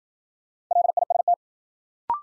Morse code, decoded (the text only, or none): LIST